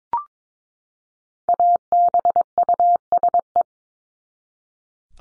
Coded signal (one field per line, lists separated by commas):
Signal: Morse code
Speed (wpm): 22 wpm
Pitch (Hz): 700 Hz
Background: none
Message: ABUSE